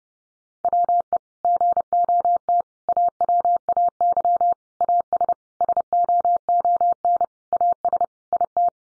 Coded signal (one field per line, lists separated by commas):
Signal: Morse code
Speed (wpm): 30 wpm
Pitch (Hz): 700 Hz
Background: none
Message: WE GOT AWAY AS SOON AS IT